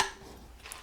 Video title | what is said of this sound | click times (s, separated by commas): DIY Exhaust Manifold Gasket Replacement Without Solvents. 2008 Pontiac Grand Prix GXP LS4 5.3L | Snaps into place, and you can | 0.7 s